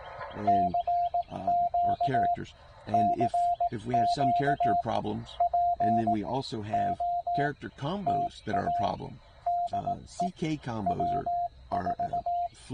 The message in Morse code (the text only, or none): CQ CQ POTA DE W4